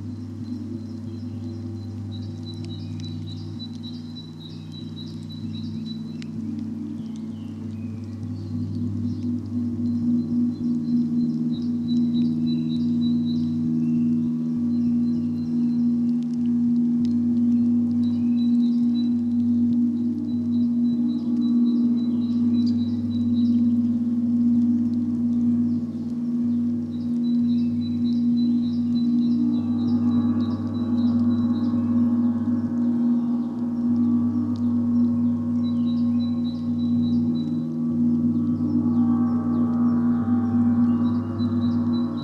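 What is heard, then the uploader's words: Singing bowls hum in a steady, layered low drone, brightening after thirty seconds, while faint bird chirps recur high above throughout. Gong Sound.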